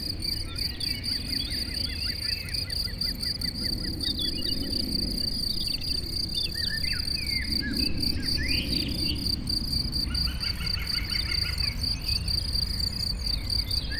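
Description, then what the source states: Cricket chorus keeps up a continuous shrill pulsing trill, while several birds chirp and twitter and road traffic hums low underneath. Chorus of crickets in a sunny west-facing sloping meadow at Chindrieux, France, with birds singing in surrounding trees and traffic noise from the nearby road.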